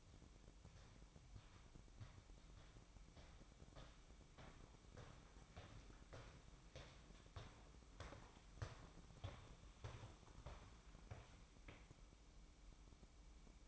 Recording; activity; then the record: daily activity, microphone in the room; walk to room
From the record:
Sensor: 1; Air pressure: 1008.2 hPa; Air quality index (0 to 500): 140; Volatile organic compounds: 2 ppm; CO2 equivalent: 1177 ppm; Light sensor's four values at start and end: 11/27/11/12 and 11/26/10/11